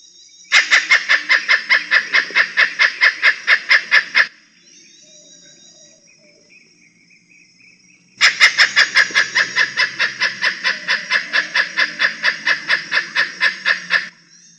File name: suara pekaka emas